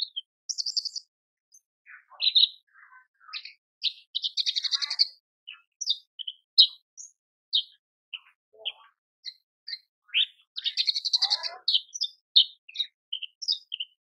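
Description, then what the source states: Horsfield's bush lark song: a fast, varied run of high chirps, trills and short buzzy notes with brief pauses, denser bursts near four and eleven seconds. Masteran recording for training cage birds; described as super gacor (persistent, energetic singing).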